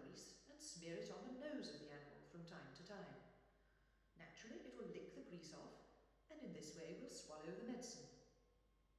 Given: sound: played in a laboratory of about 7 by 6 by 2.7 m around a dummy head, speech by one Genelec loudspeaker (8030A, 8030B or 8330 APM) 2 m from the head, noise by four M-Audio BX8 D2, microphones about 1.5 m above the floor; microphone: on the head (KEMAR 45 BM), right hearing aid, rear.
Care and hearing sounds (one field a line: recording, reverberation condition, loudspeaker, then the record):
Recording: female speech in English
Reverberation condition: high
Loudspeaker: 60 degrees to the right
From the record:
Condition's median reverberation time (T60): about 1300 ms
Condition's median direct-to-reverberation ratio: about -4.0 dB